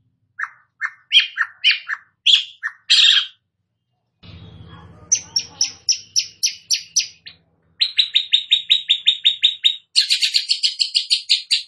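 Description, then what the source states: Long-tailed shrike song: varied whistled and chirping phrases, then rapid trills of repeated notes, with a low rumbling noise midway. Called cendet; described as gacor, singing actively.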